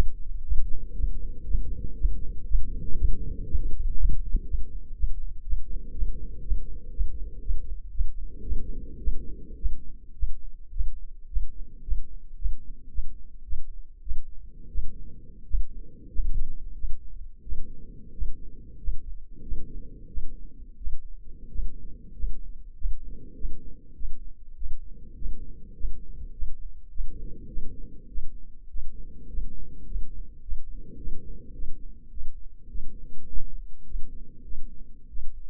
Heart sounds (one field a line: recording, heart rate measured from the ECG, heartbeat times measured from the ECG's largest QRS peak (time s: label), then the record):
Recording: heart sounds by microphone in the left ear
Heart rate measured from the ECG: 104 bpm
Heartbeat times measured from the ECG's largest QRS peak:
0.43 s: heartbeat
0.94 s: heartbeat
1.45 s: heartbeat
1.96 s: heartbeat
2.46 s: heartbeat
2.96 s: heartbeat
3.46 s: heartbeat
3.96 s: heartbeat
4.45 s: heartbeat
4.95 s: heartbeat
5.44 s: heartbeat
5.93 s: heartbeat
6.42 s: heartbeat
6.92 s: heartbeat
7.41 s: heartbeat
7.91 s: heartbeat
8.43 s: heartbeat
8.99 s: heartbeat
9.57 s: heartbeat
10.14 s: heartbeat
10.71 s: heartbeat
11.28 s: heartbeat
11.83 s: heartbeat
12.36 s: heartbeat
12.90 s: heartbeat
13.44 s: heartbeat
14.02 s: heartbeat
14.69 s: heartbeat
15.45 s: heartbeat
16.10 s: heartbeat
16.75 s: heartbeat
17.43 s: heartbeat
18.13 s: heartbeat
18.79 s: heartbeat
19.43 s: heartbeat
20.08 s: heartbeat
20.78 s: heartbeat
21.49 s: heartbeat
22.14 s: heartbeat
22.75 s: heartbeat
23.35 s: heartbeat
23.95 s: heartbeat
24.56 s: heartbeat
25.16 s: heartbeat
25.74 s: heartbeat
26.33 s: heartbeat
26.90 s: heartbeat
27.48 s: heartbeat
28.08 s: heartbeat
28.69 s: heartbeat
29.28 s: heartbeat
29.86 s: heartbeat
30.42 s: heartbeat
30.98 s: heartbeat
31.54 s: heartbeat
32.11 s: heartbeat
32.69 s: heartbeat
33.27 s: heartbeat
33.85 s: heartbeat
34.44 s: heartbeat
35.09 s: heartbeat
From the record:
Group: healthy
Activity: rest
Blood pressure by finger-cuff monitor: 139/68 mmHg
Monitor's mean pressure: 88 mmHg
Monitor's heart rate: 105 bpm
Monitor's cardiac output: 11.5 L/min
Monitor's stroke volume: 111 mL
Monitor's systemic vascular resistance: 570 dyn s/cm5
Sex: male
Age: 24 years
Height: 184 cm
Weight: 89 kg